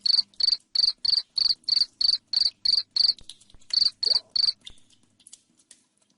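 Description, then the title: Cricket chirp series, piercing high pulses about three per second, a brief break, three more, then quieter rustling clicks. Loud cricket chirping played to make lovebirds sing continuously (ngekek). "Suara JANGKRIK NGERIK Keras Bikin LOVEBIRD Jadi NGEKEK Terus Vubey"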